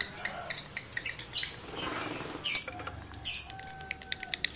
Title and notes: Birahi Lovebird Jantan ke Gacor. Pancingan Suara Lovebird jantan birahi